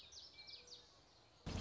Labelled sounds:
Common Yellowthroat
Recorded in Sonoma County, California

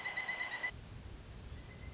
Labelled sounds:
Pileated Woodpecker
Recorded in Sonoma County, California

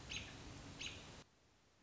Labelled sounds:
American Robin
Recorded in Sonoma County, California

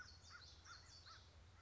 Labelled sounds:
American Crow
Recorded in Sonoma County, California

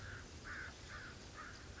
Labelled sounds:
American Crow
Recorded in Sonoma County, California

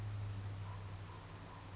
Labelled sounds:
Western Flycatcher
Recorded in Sonoma County, California

